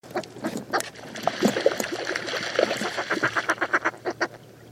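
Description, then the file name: Northern fulmar cackling: a dense, harsh run of rapid throaty pulses that grows louder and more evenly spaced toward the end. Recorded at Ny-Ålesund. "HAVHEST Ny-Ålesund"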